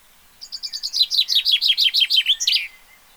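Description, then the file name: Common chaffinch song, a bright series of repeated falling notes closing with a quick terminal flourish. "Fringilla coelebs"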